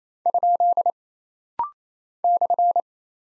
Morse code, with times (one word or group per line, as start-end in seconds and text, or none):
0.3-0.9 ?
2.2-2.8 /